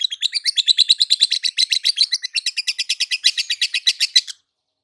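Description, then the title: Lovebird singing a fast, unbroken run of high, sharp chirps, about eight a second, steady for over four seconds before stopping abruptly. Konslet-style lovebird song, used for training other birds. "Masteran Lovebird Konslet"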